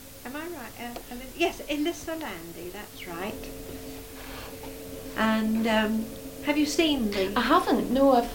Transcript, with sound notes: Am I right. Yes! Elissa Landi. That's right. [voice gets louder] And erm, have you seen 'The--'--
I haven't, no.